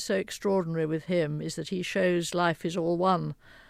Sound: none

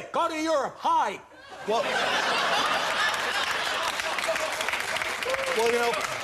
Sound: soundbite of laughter and applause

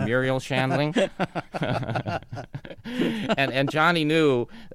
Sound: laughter

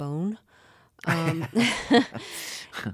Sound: soundbite of laughter

